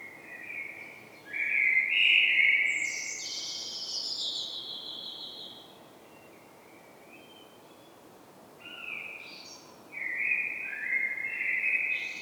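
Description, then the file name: Common blackbird song: a mellow whistled phrase ending in squeaky high twitters, then after a pause of a few seconds, more mellow whistled phrases. "Turdus merula"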